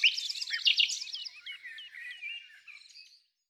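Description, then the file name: Common nightingale song opening with a fast jumble of bright chirps and liquid notes, then softer slurred whistles that fade away. In the countryside. "Rossignol philomele Chants doiseaux dans la campagne"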